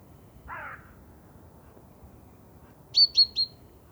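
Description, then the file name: Great tit: three sharp, high, downslurred notes in quick succession, after a short, lower rasping sound, with a faint low rumble throughout. "Parus major"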